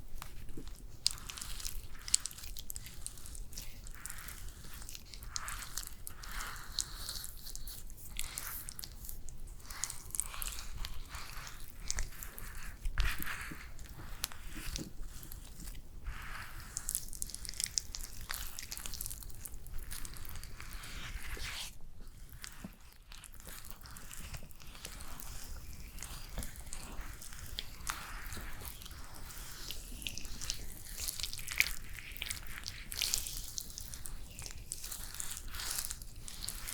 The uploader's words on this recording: ASMR First Person Realistic SPA Facial Layered Sounds, Personal Attention (No talking).